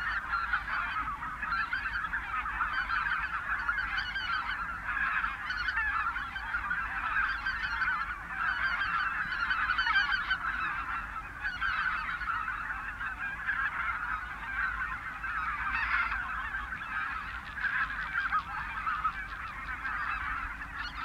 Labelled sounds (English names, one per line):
Greater White-fronted Goose call